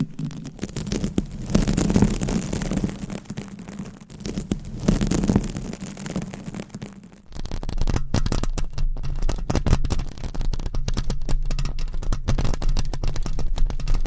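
Scratching on a microphone fills the clip with a dense, gritty crackle over a low hum. Two louder, fuller swells rise around two and five seconds, then the sound cuts out near seven seconds and returns as a thinner, sharper run of rapid scratches.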